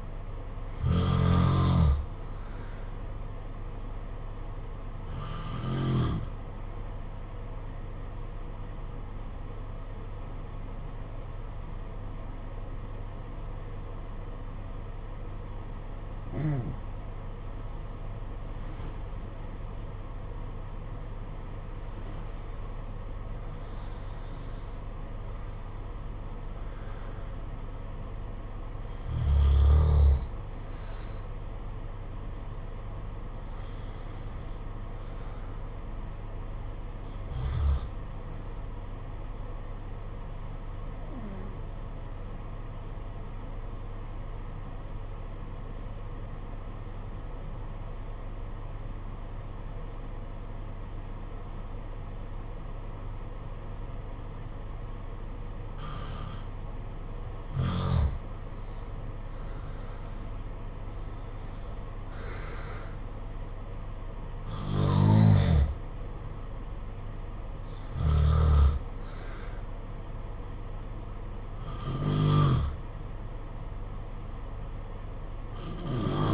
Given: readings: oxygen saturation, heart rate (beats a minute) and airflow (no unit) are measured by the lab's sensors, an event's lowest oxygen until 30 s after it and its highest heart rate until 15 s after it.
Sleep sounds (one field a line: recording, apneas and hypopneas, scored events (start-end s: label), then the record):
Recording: breathing in sleep by a smartphone at the bedside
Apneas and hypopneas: 2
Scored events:
6.00-20.10 s: hypopnea (N1, oxygen 95% highest, then 90% lowest, heart rate 59 at the start, 71 highest)
41.00-58.60 s: obstructive apnea (N1, oxygen 95% highest, then 84% lowest, heart rate 55 at the start, 67 highest)
From the record:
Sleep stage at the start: N1 (lightest sleep)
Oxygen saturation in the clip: 72 to 96%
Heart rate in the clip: 54 to 71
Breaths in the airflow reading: 14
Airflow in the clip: -7.7 to 9.7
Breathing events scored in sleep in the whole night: 476 in 9.7 hours asleep